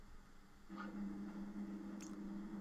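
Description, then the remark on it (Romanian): A dishwasher running: a steady low mechanical hum sets in after a moment and holds, with a couple of faint brief higher clicks or squeaks over it. No one speaks. “Cum spui, mașina de spălat vase face un zgomot.”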